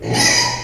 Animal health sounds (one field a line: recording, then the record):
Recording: squeal of a Yucatan mini pig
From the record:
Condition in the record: before surgery on the right vocal fold (resection and tissue-engineered implant)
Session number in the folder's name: 2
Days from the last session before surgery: 0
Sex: male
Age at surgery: 12 weeks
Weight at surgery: 13 kg